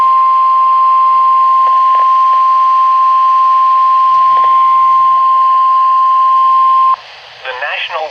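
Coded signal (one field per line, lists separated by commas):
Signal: Emergency Alert System (SAME) tones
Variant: 1050 Hz attention tone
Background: speech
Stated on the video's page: NOAA Weather Radio required weekly test from station KIG78 in Coachella, California, on 162.400 MHz.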